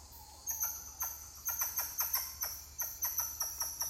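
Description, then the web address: Titi monkey calls: a rapid series of short pulsed notes over a steady high insect drone. More than one titi monkey calling. "Titi-monkeys-calling wilderness-songs"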